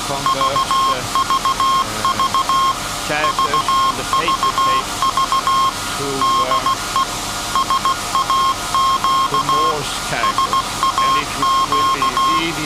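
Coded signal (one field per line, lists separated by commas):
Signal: Morse code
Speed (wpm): 16 wpm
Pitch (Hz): 1070 Hz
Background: speech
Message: VVV VVV DE SAQ SAQ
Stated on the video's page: SAQ Grimeton Alexanderson alternator transmission on Alexanderson Day, message sent after alternator startup and tuning.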